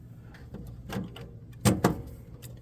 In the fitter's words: should snap into place easily